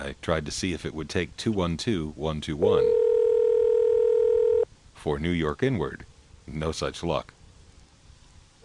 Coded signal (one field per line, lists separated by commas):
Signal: telephone call progress tone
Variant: North America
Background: speech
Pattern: ringback tone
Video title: ITT Pentaconta Crossbar Switch in Asheboro NC 4th pgm, Summer 1986